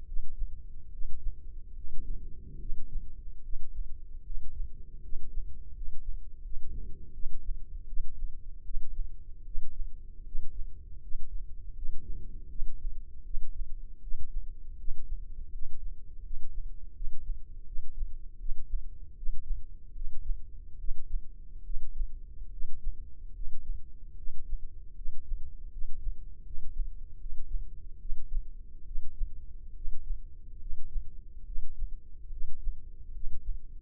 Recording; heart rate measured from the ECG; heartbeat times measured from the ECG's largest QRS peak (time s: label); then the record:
heart sounds by microphone in the right ear; 76 bpm
0.06 s: heartbeat
0.91 s: heartbeat
1.75 s: heartbeat
2.59 s: heartbeat
3.42 s: heartbeat
4.24 s: heartbeat
5.02 s: heartbeat
5.73 s: heartbeat
6.43 s: heartbeat
7.13 s: heartbeat
7.87 s: heartbeat
8.64 s: heartbeat
9.44 s: heartbeat
10.24 s: heartbeat
11.00 s: heartbeat
11.75 s: heartbeat
12.49 s: heartbeat
13.24 s: heartbeat
14.01 s: heartbeat
14.77 s: heartbeat
15.51 s: heartbeat
16.23 s: heartbeat
16.94 s: heartbeat
17.65 s: heartbeat
18.38 s: heartbeat
19.15 s: heartbeat
19.94 s: heartbeat
20.78 s: heartbeat
21.63 s: heartbeat
22.51 s: heartbeat
23.33 s: heartbeat
24.16 s: heartbeat
24.95 s: heartbeat
25.70 s: heartbeat
26.44 s: heartbeat
27.18 s: heartbeat
27.99 s: heartbeat
28.85 s: heartbeat
29.74 s: heartbeat
30.59 s: heartbeat
31.45 s: heartbeat
32.30 s: heartbeat
33.13 s: heartbeat
From the record:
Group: healthy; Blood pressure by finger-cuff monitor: 126/71 mmHg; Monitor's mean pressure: 85 mmHg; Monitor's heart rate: 77 bpm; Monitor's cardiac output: 7.2 L/min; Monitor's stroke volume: 95 mL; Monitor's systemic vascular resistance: 870 dyn s/cm5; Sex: male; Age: 19 years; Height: 178 cm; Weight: 83 kg